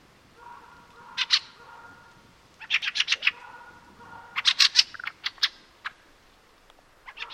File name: Fieldfare